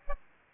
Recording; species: mosquito wingbeat signal from an infrared sensor; Aedes aegypti